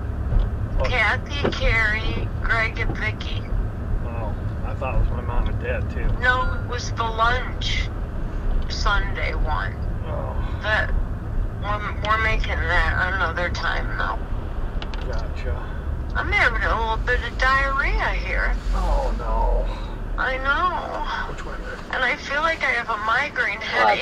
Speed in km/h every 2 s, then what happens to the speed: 32, 32, 32, 32, 31, 29, 27, 24, 15, 13, 6, 0.
0-12 steady at about 32. 12-24 slows to 0.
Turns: none.